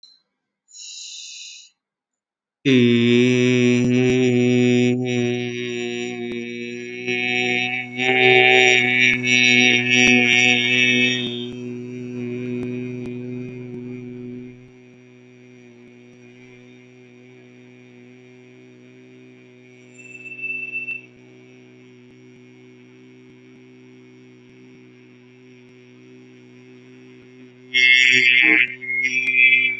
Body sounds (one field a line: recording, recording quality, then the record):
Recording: sustained vowel as in made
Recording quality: excellent, no background noise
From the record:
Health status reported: recovered from COVID-19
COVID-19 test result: negative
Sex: male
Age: 24 years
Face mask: not worn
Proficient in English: yes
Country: India